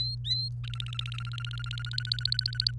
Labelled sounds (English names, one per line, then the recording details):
Domestic Canary song
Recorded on 28 April 2018 at 12:56
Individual llb3